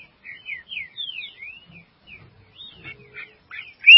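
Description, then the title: Green-winged saltator giving soft, thin slurred whistles in a loose series, ending with one sudden loud note. "Trinca Ferro"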